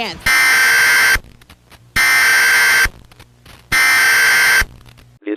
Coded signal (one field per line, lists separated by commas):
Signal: Emergency Alert System (SAME) tones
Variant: header bursts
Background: speech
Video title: EAS Scenario: The Destruction of Verdansk [Remastered]